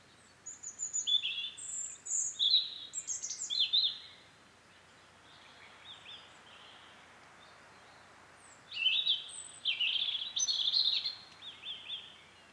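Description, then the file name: European robin: a series of clear, thin whistled notes and quick twitters, a lull of faint notes, then another lively high warbling phrase. "Erithacus rubecula"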